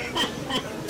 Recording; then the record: coughing mixed with background sound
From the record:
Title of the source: Dry Coughing Fit in the Afternoon.